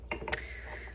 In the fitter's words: Just like that and they just snap right into this little piece